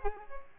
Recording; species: mosquito wingbeat signal from an infrared sensor; Culex pipiens